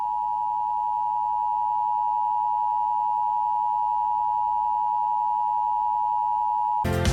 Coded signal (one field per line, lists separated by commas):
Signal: Emergency Alert System (SAME) tones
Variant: 853 and 960 Hz attention tone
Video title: EAS blind test - Can you guess which country does each alarm belongs to ?